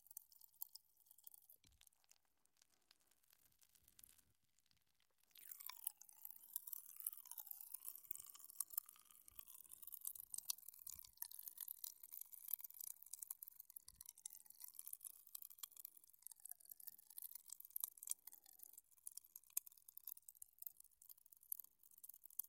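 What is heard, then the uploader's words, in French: Popping candy crackles in a dense, fizzing rush of tiny sharp pops that starts abruptly around five seconds and keeps going steadily to the end. Before that, only a few faint clicks and crunches. A thin wavering whistle-like tone bends up and down beneath the crackle. Une petite séance de relaxation ASMR avec les crépitements du sucre pétillant.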